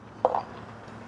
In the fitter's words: and you just click these guys together exactly like you see me